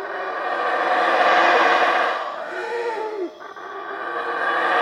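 Black howler monkey roaring, a rasping howl that swells, fades somewhat, dips briefly, then builds again.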